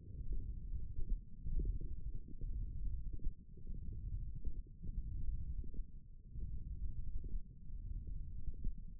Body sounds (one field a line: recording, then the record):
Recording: forearm muscle sounds (acoustic myography)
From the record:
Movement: tripod grip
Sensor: system 1, eight BSWA MPA416 microphones around the upper forearm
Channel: 1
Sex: female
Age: 22 years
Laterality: right